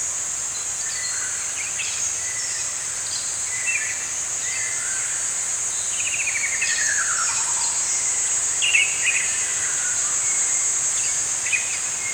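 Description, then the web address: Birdsong with scattered chirps and a descending run of quick notes near the middle, all against a constant shrill insect chorus. Birds singing in the morning in a forest. "Dr Sound Effects. Morning Birds Singing In a Forest"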